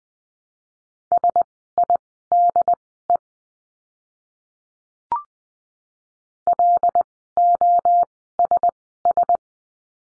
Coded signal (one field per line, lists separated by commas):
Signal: Morse code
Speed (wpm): 20 wpm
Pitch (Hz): 700 Hz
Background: none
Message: SIDE LOSS